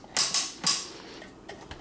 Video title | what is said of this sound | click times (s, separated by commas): Cuisinart Supreme Grind Burr Mill Demo - Testing Grind Textures | until you start to hear it clicking | 0.2 s, 0.3 s